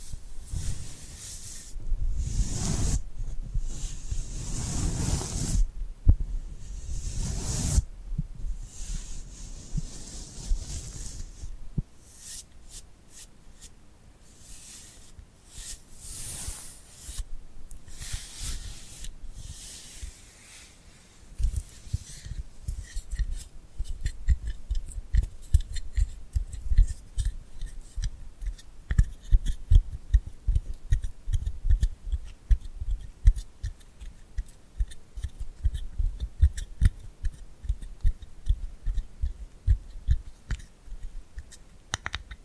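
Sticky glued hands peel and tap in dense, crackly bursts, with loud rubbing swells in the first eight seconds, then rapid irregular clicks.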